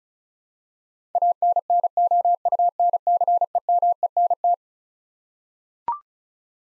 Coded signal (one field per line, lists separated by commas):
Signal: Morse code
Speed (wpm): 34 wpm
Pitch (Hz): 700 Hz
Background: none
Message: ANNOUNCEMENT